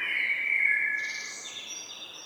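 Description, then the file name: Common blackbird, a short mellow whistled note running into a high, thin squeaky tail. "Turdus merula"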